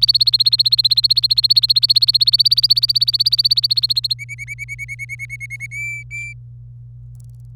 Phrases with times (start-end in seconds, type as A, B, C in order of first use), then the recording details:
0.00-4.14 A, 4.19-5.66 B, 5.71-6.33 C. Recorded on 25 April 2018 at 17:02. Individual llb3